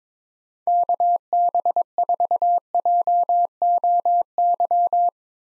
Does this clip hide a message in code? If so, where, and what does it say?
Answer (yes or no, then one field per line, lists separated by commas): yes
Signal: Morse code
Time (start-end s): 0.7-5.1 s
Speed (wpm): 21 wpm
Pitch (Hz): 700 Hz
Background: none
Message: KB4JOY